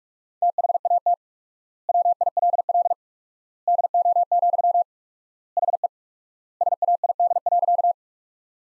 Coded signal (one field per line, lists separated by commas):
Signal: Morse code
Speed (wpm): 45 wpm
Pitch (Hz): 700 Hz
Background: none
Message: THAT WILL DO, HE SAID.